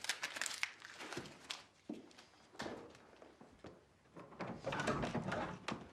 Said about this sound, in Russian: Под дверь мужчине просунули письмо.